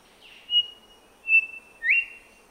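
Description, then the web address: Whistler calls with three clear whistled notes, two steady and level, the last sliding sharply upward, against a quiet background. Papua New Guinea. "pngbirds Pach Simp"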